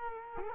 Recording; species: mosquito wingbeat signal from an infrared sensor; Culex quinquefasciatus